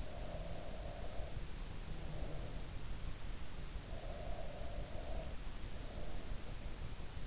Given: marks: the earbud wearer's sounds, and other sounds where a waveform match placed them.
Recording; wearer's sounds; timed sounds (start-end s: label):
sounds in sleep by an in-ear microphone; breath
0.00-2.74 s: breath
3.79-6.37 s: breath